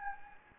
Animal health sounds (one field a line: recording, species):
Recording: mosquito wingbeat signal from an infrared sensor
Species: Anopheles gambiae